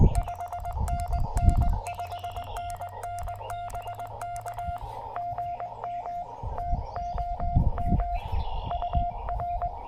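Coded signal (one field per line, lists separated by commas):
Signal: Morse code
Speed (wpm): 20 wpm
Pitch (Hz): 700 Hz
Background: none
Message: 5NN 5NN BK GM TOM UR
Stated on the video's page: POTA activation at a state park, likely using a Yaesu FT-818ND keyed with a BaMaKeY TP-III twin paddle.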